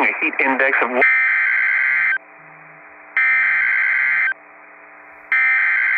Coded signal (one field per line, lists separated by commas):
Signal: Emergency Alert System (SAME) tones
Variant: header bursts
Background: speech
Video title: Severe Thunderstorm Warning BIS,ND EAS#62